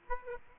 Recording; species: mosquito wingbeat signal from an infrared sensor; Aedes aegypti